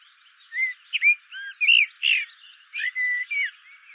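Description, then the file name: Common blackbird in continuous warbling song: a string of rich, slurred flute-like whistles, some rising and some falling, with short gaps and a few thin high squeaks. "Turdus merula"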